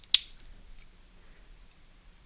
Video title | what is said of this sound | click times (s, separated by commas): Airsoft Directional Mine - full video | to turn the mine on all you need to do is prime the plunger until it clicks | 0.1 s